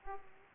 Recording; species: mosquito wingbeat signal from an infrared sensor; Aedes aegypti